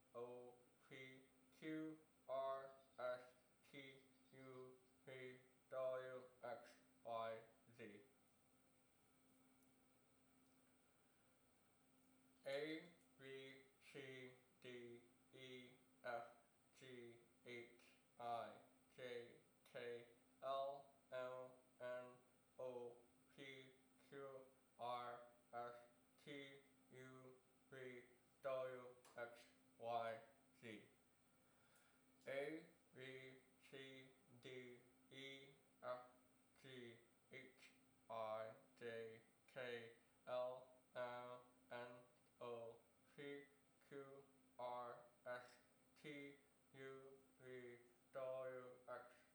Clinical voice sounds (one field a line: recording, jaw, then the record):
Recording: letters of the alphabet, spoken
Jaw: constrained by a bite bar between the teeth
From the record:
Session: first day, right after the free take